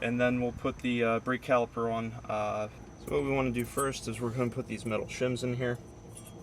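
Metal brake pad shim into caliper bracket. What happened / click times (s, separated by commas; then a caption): Metal shims handled, nothing seated yet / none. Metal brake pad shims are handled at the caliper bracket of a 2012–2017 Kia Rio while someone talks, with light metallic jangling and clinking under the speech. A brief faint metal tick comes near 6.2 s as a shim is being set into the bracket. Nothing has snapped or seated yet when the clip ends.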